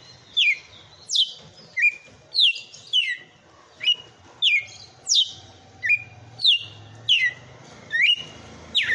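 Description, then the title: Red-cowled cardinal song: loud whistled notes sweeping down from high to mid pitch, repeated about every half second to second in a steady series, with a faint low hum beneath. Female bird. "Canto Galo Campina Fêmea"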